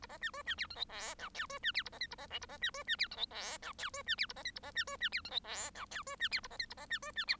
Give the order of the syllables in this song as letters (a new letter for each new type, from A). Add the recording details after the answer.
A B C D C E F G H I J D C E A B K A B L A B C D C E F G H I J D C E A B K A B C D C E F G H I J D C E A B K A B C D C E. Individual Bird1